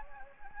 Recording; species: mosquito wingbeat signal from an infrared sensor; Anopheles gambiae